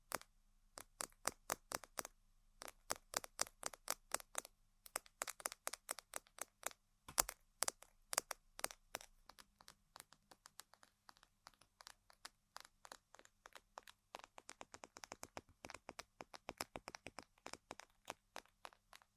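Tapping and scratching on objects: a fast, irregular run of sharp, bright clicks and cracks throughout, sometimes in quick bursts, with a louder cluster around seven seconds. Later taps come thinner and softer, over a faint low hum.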